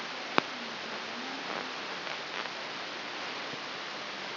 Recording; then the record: brain microelectrode recording played as sound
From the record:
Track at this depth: inside the subthalamic nucleus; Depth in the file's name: 6.508 mm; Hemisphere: left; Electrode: 3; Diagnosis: Parkinson's disease